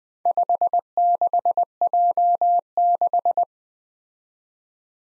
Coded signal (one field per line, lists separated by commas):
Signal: Morse code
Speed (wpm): 20 wpm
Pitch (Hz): 700 Hz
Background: none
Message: 56J6